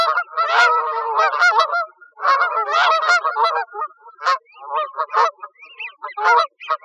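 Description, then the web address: Canada goose honks in bursts, a noisy overlapping flurry of nasal calls in the first half, then scattered separate honks with short pauses. Recorded in Arizona. "Ducks Geese Swans CAGO deviche"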